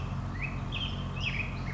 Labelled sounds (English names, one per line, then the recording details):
California Towhee
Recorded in Sonoma County, California